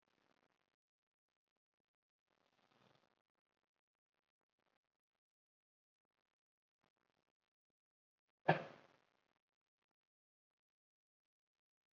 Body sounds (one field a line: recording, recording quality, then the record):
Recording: deep breathing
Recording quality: poor, much background noise or distortion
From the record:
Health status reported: COVID-19 positive, mild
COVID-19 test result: positive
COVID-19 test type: RT-PCR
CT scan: taken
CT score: 5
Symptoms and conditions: cough, hypertension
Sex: male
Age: 38 years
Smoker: no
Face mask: not worn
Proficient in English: yes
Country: India